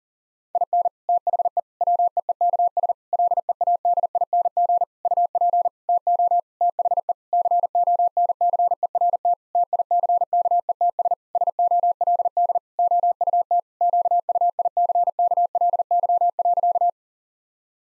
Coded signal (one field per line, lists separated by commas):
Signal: Morse code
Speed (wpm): 40 wpm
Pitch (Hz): 700 Hz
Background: none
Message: IN THE WEEKS LEADING UP TO THE CONCERT TICKETS SOLD OUT QUICKLY.